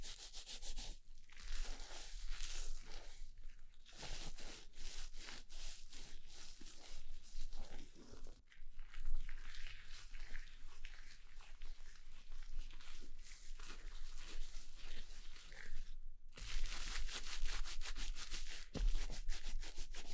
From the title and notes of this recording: ASMR Relaxing Barber Shop (No Talking) Haircut, Shaving, Shampoo & Massage, etc.